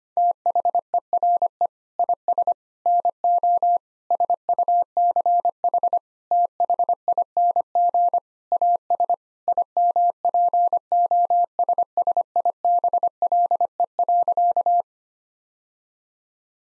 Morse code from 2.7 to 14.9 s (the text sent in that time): NO SUCH THING AS IMPOSSIBLE.